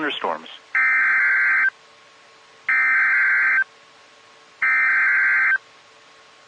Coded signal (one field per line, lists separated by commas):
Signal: Emergency Alert System (SAME) tones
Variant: header bursts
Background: speech